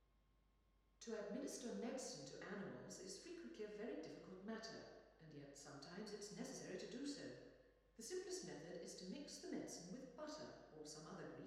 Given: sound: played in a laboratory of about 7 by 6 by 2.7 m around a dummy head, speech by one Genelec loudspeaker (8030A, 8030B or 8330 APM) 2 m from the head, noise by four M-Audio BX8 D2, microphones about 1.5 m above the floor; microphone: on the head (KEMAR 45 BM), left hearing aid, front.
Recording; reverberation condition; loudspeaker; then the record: female speech in English; high; in front (0 degrees)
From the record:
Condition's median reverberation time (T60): about 1300 ms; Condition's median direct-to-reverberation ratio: about -4.0 dB